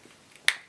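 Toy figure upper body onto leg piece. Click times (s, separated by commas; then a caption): 0.5 s. The plastic upper body of a Playmobil 5458 Man in Kilt figure (Series 6), with its arms already fitted, is pressed onto its leg piece. After a few faint handling ticks, a single sharp, bright click rings out at 0.5 s and fades within about a quarter second. The body snaps together and is seated on the legs.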